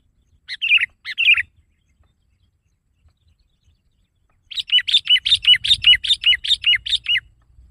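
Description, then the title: Sooty-headed bulbul with two short chirps, a few seconds of quiet, then a quick, lively string of repeated bright notes. "kutilang"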